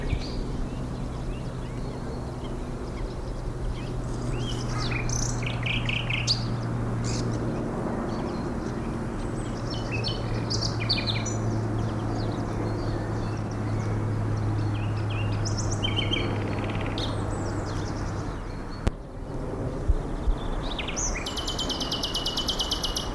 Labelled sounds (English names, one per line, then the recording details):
Common Nightingale
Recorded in the wild
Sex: male
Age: adult
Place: Karower Teiche, Naturpark Barnim, Berlin, DE
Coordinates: 52.63, 13.46
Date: 1995-04-23 20:05
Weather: heiter, 20°C
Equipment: Marantz CP 430, Sennheiser ME 80, Kopie Uher 4000 Report Monitor
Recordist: Tembrock, Günter